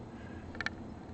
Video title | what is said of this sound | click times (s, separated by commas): Builder's Livestream - MidiMuso Midi-CV Module | that was a satisfying click | 0.6 s, 0.7 s